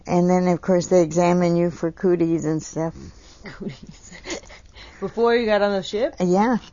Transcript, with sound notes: And then, of course, they examine you for cooties and stuff. (laughs)
Before you got on the ship?
Yeah.